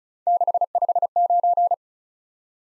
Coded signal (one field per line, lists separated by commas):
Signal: Morse code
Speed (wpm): 41 wpm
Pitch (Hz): 700 Hz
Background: none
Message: 659